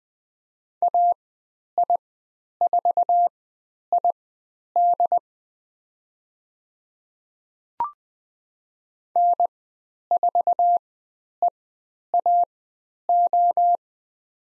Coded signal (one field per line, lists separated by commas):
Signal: Morse code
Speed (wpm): 20 wpm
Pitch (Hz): 700 Hz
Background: none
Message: AI4ID N4EAO